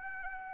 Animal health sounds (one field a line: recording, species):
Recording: mosquito wingbeat signal from an infrared sensor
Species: Anopheles arabiensis